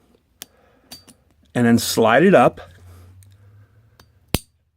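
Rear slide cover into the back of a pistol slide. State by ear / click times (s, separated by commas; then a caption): seated / 4.3 s. Someone talks while a plastic rear slide cover (backplate) is slid up into its grooves at the back of a Glock pistol slide, where it holds the extractor spring assembly in, with a few faint small clicks along the way. At 4.3 s a loud, sharp snap is heard as the cover snaps into place and is seated.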